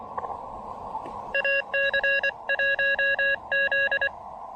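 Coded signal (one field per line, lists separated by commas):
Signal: Morse code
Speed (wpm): 24 wpm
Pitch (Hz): 1650 Hz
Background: none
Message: AC1Z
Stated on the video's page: Morse during a SOTA summit activation in gusty wind.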